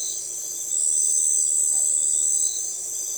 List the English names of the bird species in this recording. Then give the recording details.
none. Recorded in forest near Pivijay, Magdalena, Colombia, on 13 April 2023 at 03:00. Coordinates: 10.467, -74.380. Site Z5-G034